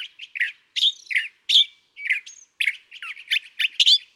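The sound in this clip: California thrasher song of loud, rich, varied phrases, husky slurred notes and squeaky chirps delivered in quick succession.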